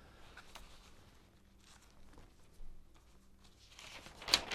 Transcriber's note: writing and paper rustling